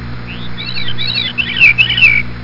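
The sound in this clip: Veery song: a short run of rolling, fluty phrases that grow louder toward the end.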